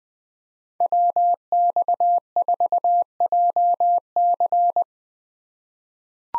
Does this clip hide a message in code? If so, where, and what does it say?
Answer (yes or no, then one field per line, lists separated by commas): yes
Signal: Morse code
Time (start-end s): 0.8-4.8 s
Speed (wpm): 20 wpm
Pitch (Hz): 700 Hz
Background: none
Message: WX4JC